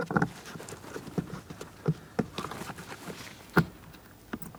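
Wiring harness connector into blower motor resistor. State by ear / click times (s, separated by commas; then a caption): not seated / none. A plastic wiring harness connector, locking tab facing down, is handled and lined up to be pressed onto a new front HVAC blower motor resistor on a 2008-2016 Chrysler Town & Country. Short knocks and rustles of handling come through, with sharper taps around 0.2 s and 3.6 s. The connector has not seated or clicked in yet.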